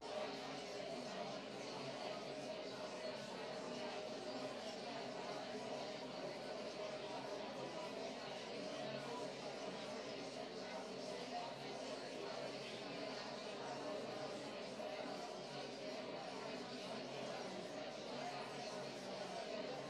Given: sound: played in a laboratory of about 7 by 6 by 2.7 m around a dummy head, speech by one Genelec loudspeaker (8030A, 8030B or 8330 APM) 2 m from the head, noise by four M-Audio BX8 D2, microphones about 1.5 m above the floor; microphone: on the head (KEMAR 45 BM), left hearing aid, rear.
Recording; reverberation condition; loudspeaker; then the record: babble noise; medium; four, about 170 cm from the corners of the room and facing them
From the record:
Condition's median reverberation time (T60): about 510 ms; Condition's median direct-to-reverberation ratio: about -0.5 dB